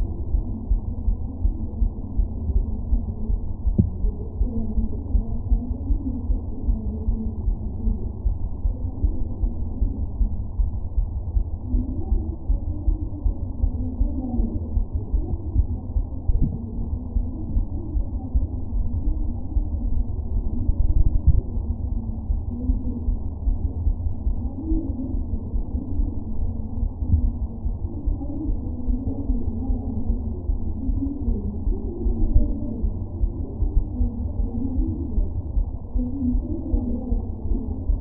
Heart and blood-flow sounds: fetal heart sounds by stethoscope on the mother's abdomen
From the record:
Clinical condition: abdominal pain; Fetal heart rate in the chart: 146 bpm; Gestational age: 39 weeks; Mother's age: 27 years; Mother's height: 144 cm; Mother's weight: 83 kg

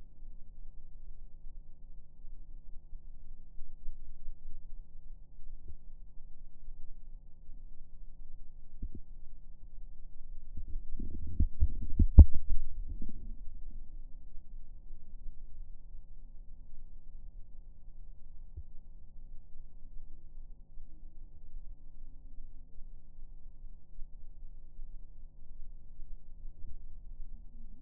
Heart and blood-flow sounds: fetal heart sounds by stethoscope on the mother's abdomen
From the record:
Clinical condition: headache and blurring vision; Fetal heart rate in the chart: 156 bpm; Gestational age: 38 weeks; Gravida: 4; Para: 2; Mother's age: 26 years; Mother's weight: 103 kg

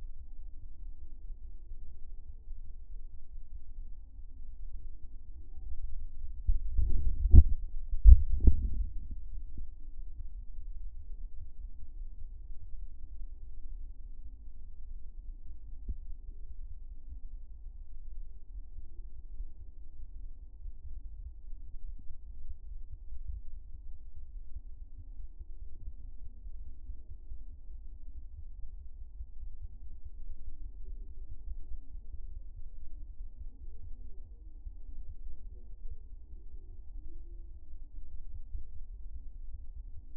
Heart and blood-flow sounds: fetal heart sounds by stethoscope on the mother's abdomen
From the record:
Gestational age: 39 weeks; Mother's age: 30 years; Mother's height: 150 cm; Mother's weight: 55 kg

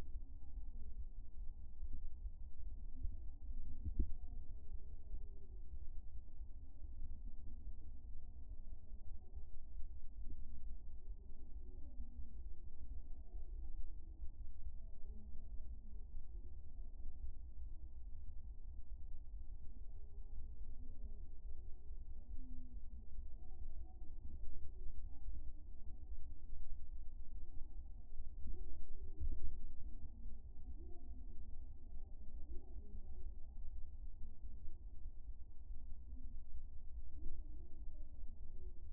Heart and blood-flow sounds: fetal heart sounds by stethoscope on the mother's abdomen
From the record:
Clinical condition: hypothyroid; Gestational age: 35 weeks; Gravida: 2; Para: 1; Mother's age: 21 years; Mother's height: 151 cm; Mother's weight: 71 kg

